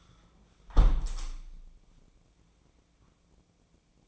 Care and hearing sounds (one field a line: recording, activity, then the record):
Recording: daily activity, microphone in the room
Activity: close window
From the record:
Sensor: 1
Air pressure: 1012.4 hPa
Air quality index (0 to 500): 168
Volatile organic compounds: 3 ppm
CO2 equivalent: 1368 ppm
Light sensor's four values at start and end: 187/425/188/203 and 183/416/184/198